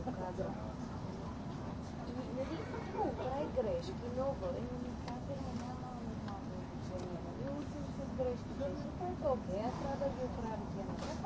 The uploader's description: the train on the Gotthard Tobasis Tunnel route